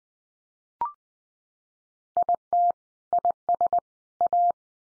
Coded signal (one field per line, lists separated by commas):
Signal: Morse code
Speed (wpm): 20 wpm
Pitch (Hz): 700 Hz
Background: none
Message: IT IS A